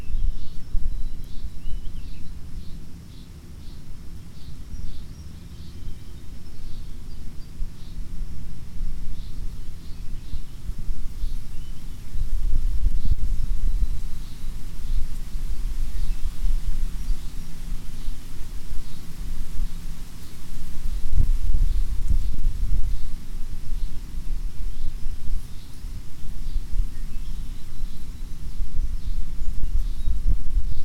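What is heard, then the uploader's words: Wind rushes steadily through an oak and hickory stand, a low, dense roar that swells around 12 and 21 seconds and eases near 4 seconds. High, rapid chirping insect or bird calls repeat faintly through much of the clip. Pigeon River Fish and Wildlife Area. Warning: wind clipping audio throughout (especially in the left ear). Windy day in an oak and hickory stand adjacent to a mill pond.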